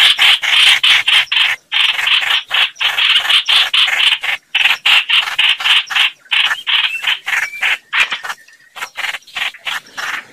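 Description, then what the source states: Red-whiskered bulbul distress call: a fast stutter of short, buzzy, harsh notes, nearly four a second, with a brief whistle near the end. Distress call (crying for help).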